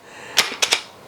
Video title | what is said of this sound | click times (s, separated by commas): Manfrotto ONE vs Traditional Tripods: The Results Shocked Me | and it locks into place. | 0.4 s